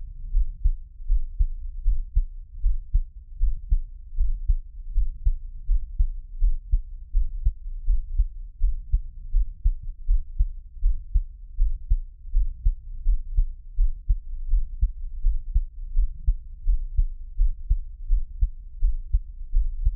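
Soft, deep thumps of an adult's own heartbeat, recorded close up for ASMR in Taiwan, at about 82 beats a minute in a steady rhythm.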